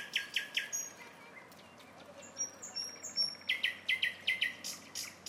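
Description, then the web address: Nightingale song: three loud chirps, high thin whistles, then a rapid run of repeated ringing notes. Song of a nightingale recorded in a town. "spiew slowika miasto zukowski"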